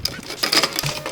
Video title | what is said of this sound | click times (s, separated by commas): OZEN Tripods - Legs / 3 of 3 series | there you go there is your mid-level spreader out three clicks and you're done | 0.1 s, 0.4 s, 0.8 s